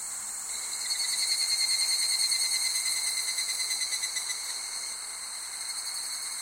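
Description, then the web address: Insects calling in a dense chorus, steady high shrill bands with a fast pulsing trill, growing slightly louder in the middle. Summer ambience of insects recorded in Japan. "Sound Effects-Foundation 1 AMBIENCE JAPANESE SUMMER INSECTS"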